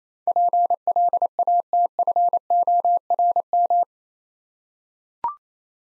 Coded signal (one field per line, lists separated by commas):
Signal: Morse code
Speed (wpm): 29 wpm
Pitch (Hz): 700 Hz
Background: none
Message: PLATFORM